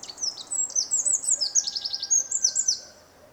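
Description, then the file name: Eurasian wren song of rapid, piercing trills and chattering runs, sustained for nearly three seconds above a soft background hiss. "Troglodytes troglodytes"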